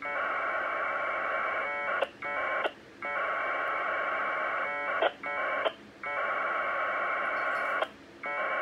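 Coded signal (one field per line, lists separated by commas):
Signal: packet radio (AX.25, as in APRS)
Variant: 1200 baud Bell 202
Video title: NinoTNC N9600A - 1200 Baud Bell 202 AX25 Winlink Client Test - W8CMN Mi7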